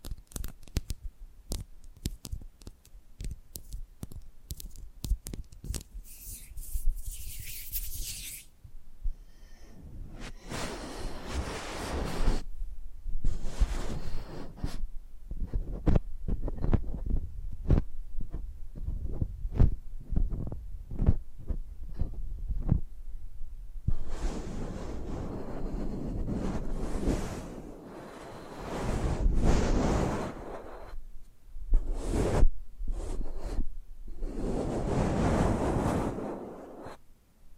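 Ear scratching and face brushing triggers, no talking: dense, irregular scratchy rustles and quick taps run throughout. A bright hissing sweep dominates the first eight seconds, then louder bursts of rubbing and brushing swell around 10–12 seconds and again from 24 to 37 seconds.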